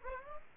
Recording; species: mosquito wingbeat signal from an infrared sensor; Aedes aegypti